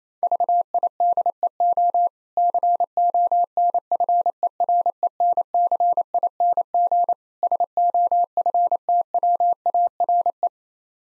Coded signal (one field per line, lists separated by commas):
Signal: Morse code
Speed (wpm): 28 wpm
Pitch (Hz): 700 Hz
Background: none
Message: VIDEO CONFERENCING SOFTWARE